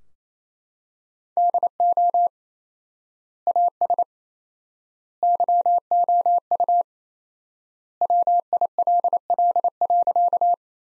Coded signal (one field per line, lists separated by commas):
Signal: Morse code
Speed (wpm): 27 wpm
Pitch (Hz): 700 Hz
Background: none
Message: DO AS YOU WILL.